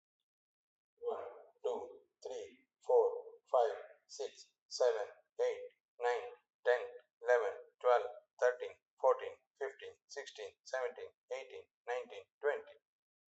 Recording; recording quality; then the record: counting at a normal pace; excellent, no background noise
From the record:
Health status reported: healthy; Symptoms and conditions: hypertension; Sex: male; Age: 55 years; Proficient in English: yes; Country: India